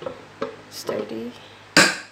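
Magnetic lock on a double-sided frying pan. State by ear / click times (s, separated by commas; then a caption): seated / 1.8 s. Someone talks as the two halves of an Edmark Smart Pan, a double-sided marble-coated non-stick frying pan, are closed. At 1.8 s a sharp, bright click rings out as the magnetic lock engages, and the pan is locked shut.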